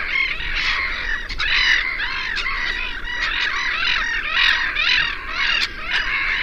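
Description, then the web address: Black-headed gulls uttering dense, rapid, arched squealing calls that run together throughout, with a few sharp clicks. "chant xeno-canto mouette rieuse"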